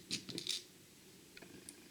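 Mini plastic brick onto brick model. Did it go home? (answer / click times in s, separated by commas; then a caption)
partly / 0.3 s, 0.4 s, 0.5 s. Plastic mini bricks are handled and pressed onto a brick model during assembly, giving sharp small clicks at 0.3, 0.4 and 0.5 seconds, then fainter ticks near 1.4 and 1.7 seconds. The mini brick is only partly seated and not fully pressed home.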